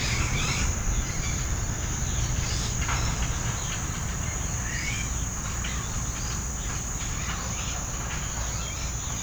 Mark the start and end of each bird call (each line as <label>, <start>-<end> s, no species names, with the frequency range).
bird call (0.5-5.3 kHz), 0.00-0.75 s
bird call (0.5-4.7 kHz), 2.42-3.88 s
bird call (0.8-5.1 kHz), 4.50-9.22 s